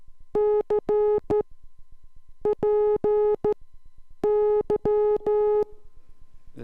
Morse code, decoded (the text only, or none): CPY